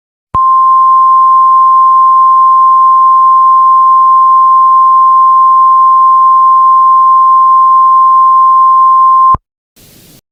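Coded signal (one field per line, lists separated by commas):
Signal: Emergency Alert System (SAME) tones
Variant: 1050 Hz attention tone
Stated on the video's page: Fictional ash-fall EAS scenario, a simulated alert inspired by another creator's scenario.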